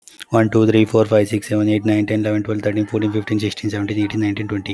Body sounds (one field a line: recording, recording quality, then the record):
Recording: counting at a fast pace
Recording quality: excellent, no background noise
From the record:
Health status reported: healthy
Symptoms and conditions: none ticked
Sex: male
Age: 38 years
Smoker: not ticked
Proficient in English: yes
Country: India